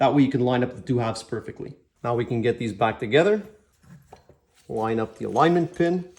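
Someone talks while lining up the halves of a new turbocharger for a BMW 335i wagon's N55 engine, setting the center section against the turbine housing on its alignment pin to push them together. During a pause, two brief, faint handling sounds occur around 4.1 and 4.3 seconds. The clip ends before the part goes home, so nothing has seated or clicked yet.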